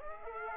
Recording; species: mosquito wingbeat signal from an infrared sensor; Aedes aegypti